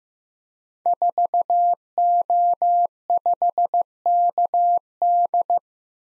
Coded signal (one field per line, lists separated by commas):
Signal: Morse code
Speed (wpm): 16 wpm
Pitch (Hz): 700 Hz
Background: none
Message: 4O5KD